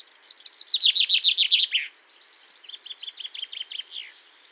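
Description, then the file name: Common chaffinch song: a loud, fast descending trill lasting about two seconds, ending in a flourish, followed by a fainter, similar trilled song. "Fringilla coelebs"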